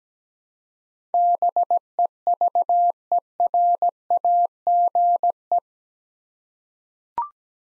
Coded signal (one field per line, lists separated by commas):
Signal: Morse code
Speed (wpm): 17 wpm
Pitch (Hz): 700 Hz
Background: none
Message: BEVERAGE